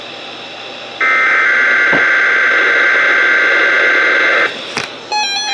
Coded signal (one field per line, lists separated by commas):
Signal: Emergency Alert System (SAME) tones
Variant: header bursts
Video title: Weatheradio Canada EAS #314: Required Weekly Test